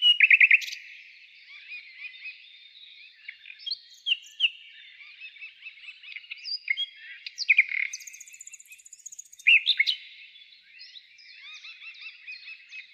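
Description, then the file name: Common nightingale song: short fast rattles at the start and around ten seconds, between long stretches of quieter varied whistles and chirps. Trill. "Zvuki-prirodysolovey-solov inaya-trel"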